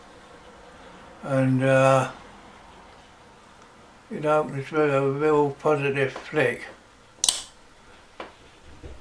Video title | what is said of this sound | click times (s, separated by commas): Russian flick knife/switchblade | as you can see it locks into place | 7.2 s, 7.3 s